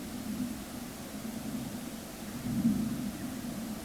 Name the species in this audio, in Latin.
none